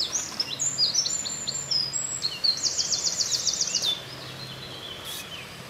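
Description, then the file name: Common kingfisher giving shrill, high whistled notes, a run of single peeps followed by a fast, even trill of piercing notes, over a soft background hiss. Recorded in England. "Alcedo atthis -England"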